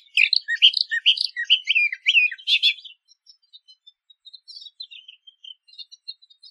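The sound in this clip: Eastern Orphean warbler singing a fast, rich warbling phrase for about three seconds, followed by soft, faint, scattered notes trailing off.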